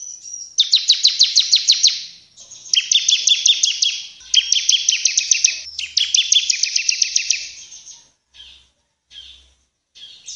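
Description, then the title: Bar-winged prinia song: rapid strings of sharp, high, down-slurred chips in four bursts separated by short pauses, then a few brief fainter notes. Actively singing bird; training recording for other cage birds; described as delivering three song types. "Ciblek gacor nembak 3 lagu untuk masteran"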